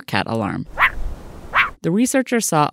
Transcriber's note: drongo call